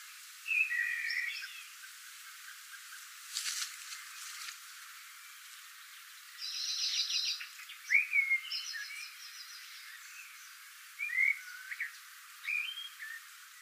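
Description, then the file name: Eurasian blackbird singing softly: low fluty phrases and squeaky high twitters, spaced apart, with a brief sharp crackle early on. "Turdus merula"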